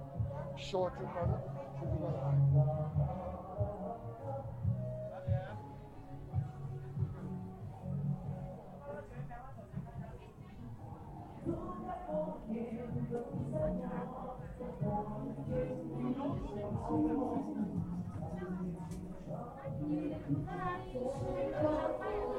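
A crowd fills Chongqing's Hongyadong with dense, overlapping chatter for the whole stretch. Many voices talk at once at a steady level, with no single speaker standing out. A brief low hum rises near the start, and short brighter clinks and calls break through now and then.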